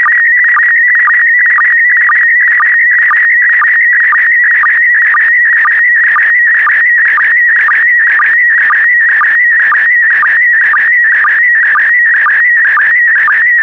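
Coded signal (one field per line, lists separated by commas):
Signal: SSTV (slow-scan television)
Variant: PD120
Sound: steady warbling high tone with quick regular low chirps about twice a second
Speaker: Five, four, three, two, one. Thank you. Transmission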